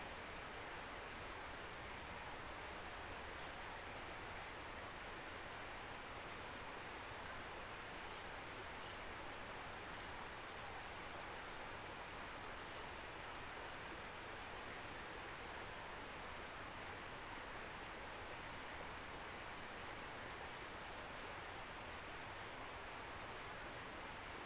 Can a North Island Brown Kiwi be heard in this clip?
no